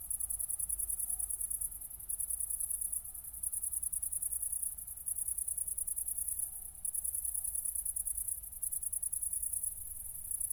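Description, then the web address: Cricket chirping in quick high pulses, steady phrases broken by short gaps, over a low hum. Recorded at night, around 00:53, on 4 August 2014 at Nordring, Kirchmöser, Brandenburg, Germany. "aporee City Country Me Brandenburg Kirchmoeser Nordring Grillen 201408040053 OLBIN"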